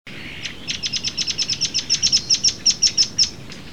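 Black-browed parrotbill calls: a quick series of many thin, high chips, preceded by a brief lower buzzy note, over steady background hiss.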